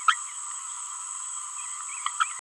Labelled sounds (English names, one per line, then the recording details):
Green-rumped Parrotlet babbling
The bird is a male
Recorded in a nest box in Venezuela
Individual 17B31A1